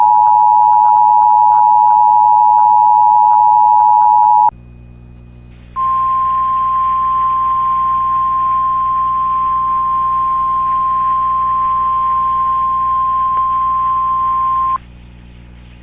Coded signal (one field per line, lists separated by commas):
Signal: Emergency Alert System (SAME) tones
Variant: 853 and 960 Hz attention tone